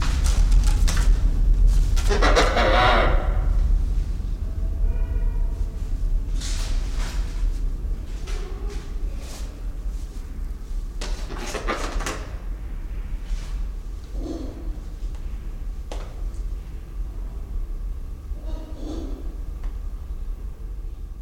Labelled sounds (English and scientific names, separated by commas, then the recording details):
Blyth's Hornbill (Rhyticeros plicatus)
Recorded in captivity
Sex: female
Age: adult
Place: Zoo Berlin, Berlin, DE
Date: 1993-01-30 11:51
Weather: -6°C, sonnig
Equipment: Marantz CP 430, Sennheiser ME 80, Kopie Uher Variocord 263
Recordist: Tembrock, Günter
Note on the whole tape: Weibchen: Lautfolgen